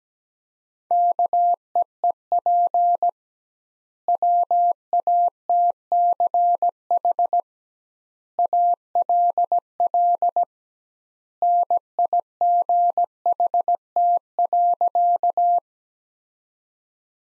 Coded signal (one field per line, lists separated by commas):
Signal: Morse code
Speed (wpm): 17 wpm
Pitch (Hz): 700 Hz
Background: none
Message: KEEP WATCH ALL NIGHT.